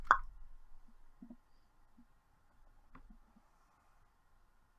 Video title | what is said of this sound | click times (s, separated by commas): Transformers last Knight cybertron review | you hear the click then you | 0.1 s